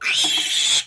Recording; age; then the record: pig call; piglet (1 to 25 days)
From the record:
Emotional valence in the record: negative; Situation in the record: castration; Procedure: castration, shear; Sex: male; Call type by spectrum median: high-frequency call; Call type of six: high-frequency modulated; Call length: 0.87 s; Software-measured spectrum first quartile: 3177 Hz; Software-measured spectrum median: 3993 Hz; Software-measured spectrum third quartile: 6938 Hz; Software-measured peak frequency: 3358 Hz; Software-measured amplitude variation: 104 dB a second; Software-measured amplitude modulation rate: 23.7 a second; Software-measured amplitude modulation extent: 4.4 dB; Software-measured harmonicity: 3.6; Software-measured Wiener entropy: -2.21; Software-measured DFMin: 747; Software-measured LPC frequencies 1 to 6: 2444, 3334, 5149, 6267, 7078, 7552 Hz